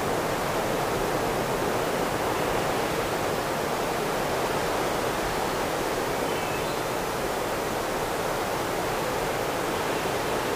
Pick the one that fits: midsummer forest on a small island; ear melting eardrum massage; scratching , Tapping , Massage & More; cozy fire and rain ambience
midsummer forest on a small island